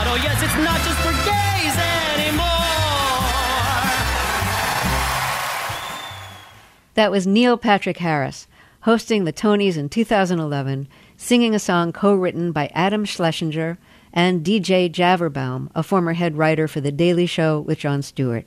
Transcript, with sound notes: Oh, yes, it's not just for gays anymore.
(CHEERING)
That was Neil Patrick Harris hosting the Tonys in 2011, singing a song co-written by Adam Schlesinger and D.J. Javerbaum, a former head writer for "The Daily Show With Jon Stewart."